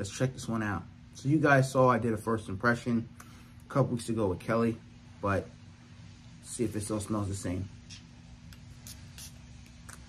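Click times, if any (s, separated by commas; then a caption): none. Someone talks while handling a perfume bottle and pressing its cap onto the bottle top, followed by a few quiet handling taps and rustles after the speech. The cap has not snapped into place yet; nothing has seated or clicked by the end of the clip.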